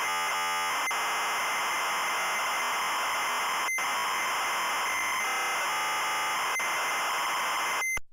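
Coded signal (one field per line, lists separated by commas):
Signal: ZX Spectrum tape loading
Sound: harsh buzzing, screeching data warble switching between two pitches, like tape loading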